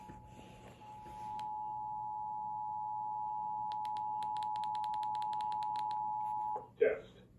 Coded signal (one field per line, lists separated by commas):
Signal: Emergency Alert System (SAME) tones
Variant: 853 and 960 Hz attention tone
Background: speech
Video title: EAS 140 and 141: The Pennsylvania Required Monthly Tests on WRQI 107.7 and Comcast Xfinity